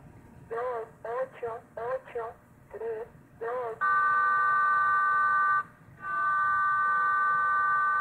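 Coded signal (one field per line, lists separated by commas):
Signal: numbers station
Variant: Spanish, female voice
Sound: six short evenly spaced spoken words, then a long steady two-note tone and another tone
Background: radio static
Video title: Numbers station - Spanish - female voice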